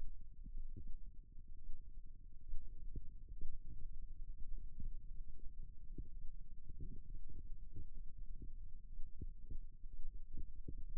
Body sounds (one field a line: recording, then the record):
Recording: forearm muscle sounds (acoustic myography)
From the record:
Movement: rest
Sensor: system 2, bracelet of six BSWA MPA416 microphones around the upper forearm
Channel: 1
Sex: male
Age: 22 years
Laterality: right